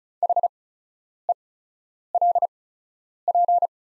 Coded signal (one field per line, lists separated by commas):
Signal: Morse code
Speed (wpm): 34 wpm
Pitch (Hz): 700 Hz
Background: none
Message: HELP